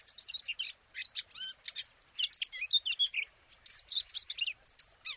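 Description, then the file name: Eurasian blackcap song, a fast tumbling mix of scratchy notes and clear rising and falling whistles, delivered almost without a break. "Sylvia atricapilla"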